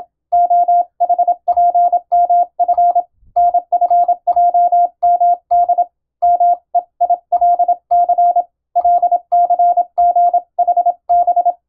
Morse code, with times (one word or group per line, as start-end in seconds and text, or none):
0.3-3.0 OHPMF
3.4-5.8 NFJMD
6.2-8.4 MEILC
8.8-11.5 LCGHB